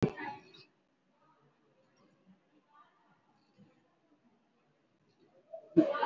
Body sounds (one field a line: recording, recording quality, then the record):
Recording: deep breathing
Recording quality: poor, much background noise or distortion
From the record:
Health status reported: COVID-19 positive, moderate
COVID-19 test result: positive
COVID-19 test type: RT-PCR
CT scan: not taken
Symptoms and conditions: sore throat, fatigue, loss of smell and taste, another respiratory illness, hypertension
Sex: female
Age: 68 years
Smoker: no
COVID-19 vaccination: none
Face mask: worn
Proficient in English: yes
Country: India